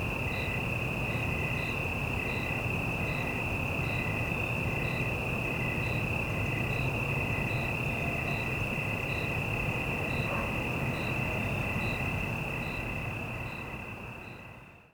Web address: Surround in The Night 5 1-Stereo City Night Evening Ambience, Single Cricket, Cicadas, Distant Traffic